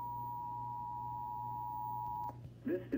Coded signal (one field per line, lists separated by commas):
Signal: Emergency Alert System (SAME) tones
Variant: 853 and 960 Hz attention tone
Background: speech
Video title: Flash Flood Warning (EAS #1)